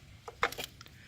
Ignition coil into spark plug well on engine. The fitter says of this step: You're gonna feel it click,